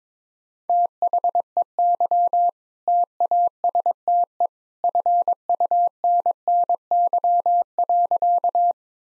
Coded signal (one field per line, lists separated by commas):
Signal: Morse code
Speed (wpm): 22 wpm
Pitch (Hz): 700 Hz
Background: none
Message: THEY TASTE FUNNY.